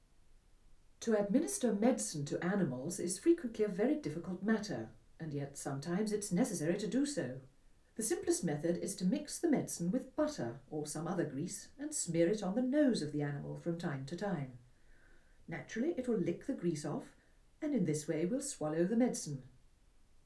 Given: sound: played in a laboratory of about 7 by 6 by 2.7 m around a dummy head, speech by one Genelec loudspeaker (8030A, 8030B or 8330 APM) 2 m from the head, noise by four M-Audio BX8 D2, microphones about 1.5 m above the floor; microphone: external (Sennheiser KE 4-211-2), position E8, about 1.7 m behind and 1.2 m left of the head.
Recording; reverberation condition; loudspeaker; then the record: female speech in English; low; 60 degrees to the left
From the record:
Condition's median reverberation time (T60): about 310 ms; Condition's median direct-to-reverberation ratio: about 3.5 dB